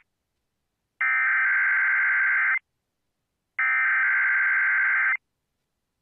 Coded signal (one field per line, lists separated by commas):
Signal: Emergency Alert System (SAME) tones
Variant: header bursts